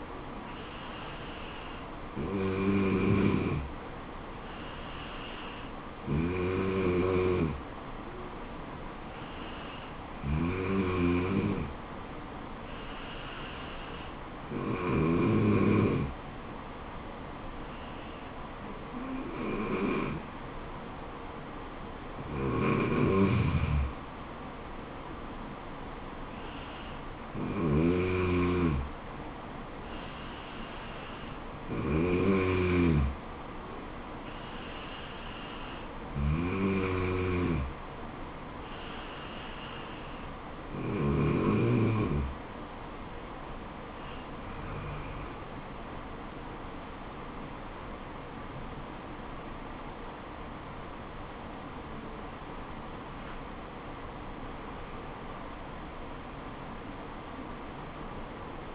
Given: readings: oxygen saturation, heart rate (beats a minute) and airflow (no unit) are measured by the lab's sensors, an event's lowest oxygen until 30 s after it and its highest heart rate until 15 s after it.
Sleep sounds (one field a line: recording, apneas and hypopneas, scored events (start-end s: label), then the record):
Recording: breathing in sleep by a voice recorder at the bedside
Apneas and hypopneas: 1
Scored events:
29.00-49.00 s: hypopnea (N2, oxygen 95% highest, then 94% lowest, heart rate 71 at the start, 79 highest)
From the record:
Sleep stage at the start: N2 (light sleep)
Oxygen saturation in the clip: 94 to 95%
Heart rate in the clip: 69 to 79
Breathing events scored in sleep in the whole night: 426 in 7.4 hours asleep